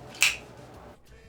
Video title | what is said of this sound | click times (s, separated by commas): Proelia TX010 Review | very well it has a really great metallic click | 0.2 s